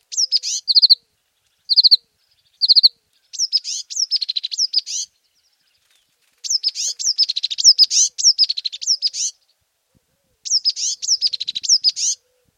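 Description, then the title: Azure tit singing high, thin notes, first in three brief clusters of chips, then longer rattling runs of quick chirps with pauses between phrases. "suara burung azura tit"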